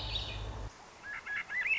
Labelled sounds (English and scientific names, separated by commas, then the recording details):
Swainson's Thrush (Catharus ustulatus)
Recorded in Sonoma County, California